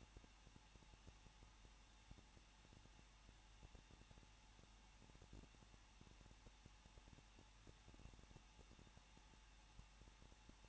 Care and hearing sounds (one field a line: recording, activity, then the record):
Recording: daily activity, microphone in the room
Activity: no activity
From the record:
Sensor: 1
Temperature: 20.1 degrees Celsius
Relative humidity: 39.1%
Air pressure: 1006.3 hPa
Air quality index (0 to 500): 217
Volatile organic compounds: 76 ppm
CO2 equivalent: 3574 ppm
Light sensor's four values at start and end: 1/2/1/1 and 1/2/1/1